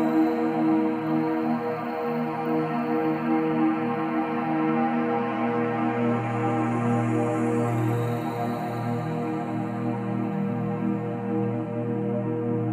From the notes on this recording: Solfeggio 528Hz frequency sounds